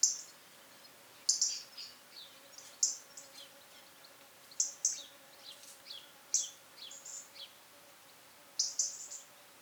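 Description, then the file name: European robin calling with sharp, very high notes, some sliding downward, in groups of two or three every couple of seconds over a faint steady hum. "Erithacus rubecula"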